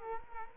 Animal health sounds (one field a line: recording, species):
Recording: mosquito wingbeat signal from an infrared sensor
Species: Culex quinquefasciatus